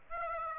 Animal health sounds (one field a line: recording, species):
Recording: mosquito wingbeat signal from an infrared sensor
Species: Aedes aegypti